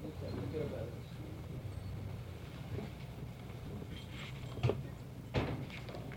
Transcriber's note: moving sounds